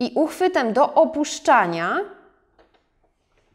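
Someone talks while a metal overlocker presser foot is placed at the height of the groove and the lowered foot holder is brought down to catch it onto the holder's pin. After the talking stops at about 2.3 s, only faint short ticks are heard near 2.6 s and 2.8 s. The foot has not clicked or seated on the holder yet.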